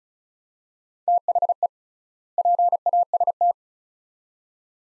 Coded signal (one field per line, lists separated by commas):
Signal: Morse code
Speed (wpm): 36 wpm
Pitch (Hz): 700 Hz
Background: none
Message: THE PAST